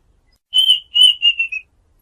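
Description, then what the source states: Duck whistled call, one phrase of two longer whistles followed by quicker notes that descend. Call used to lure ducks.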